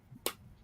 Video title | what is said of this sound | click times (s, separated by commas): Digi Chicks Cardmaking and Box Making FUN! | i love to hear the click listen yeah here | 0.3 s